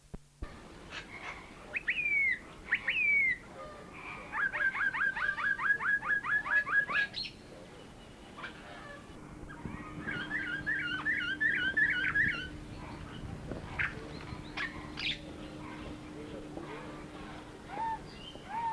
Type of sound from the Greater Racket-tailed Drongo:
call